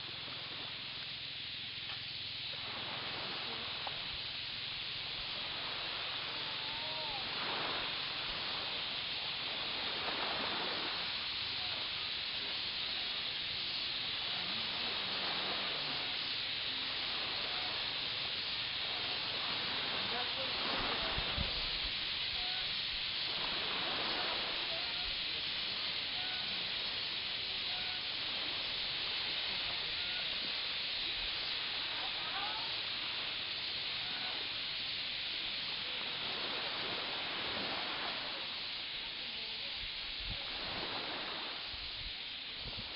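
Slowly rolling surf fills the scene with a steady, dense hiss, swelling softly every few seconds as waves wash in. Small, faint bird chirps flicker through the wash throughout, while the overall level stays even.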